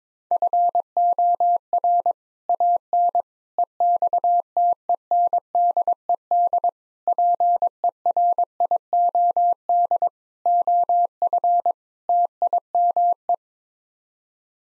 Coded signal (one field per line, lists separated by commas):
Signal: Morse code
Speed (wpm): 22 wpm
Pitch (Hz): 700 Hz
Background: none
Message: FOR AN EXTENDED PERIOD OF TIME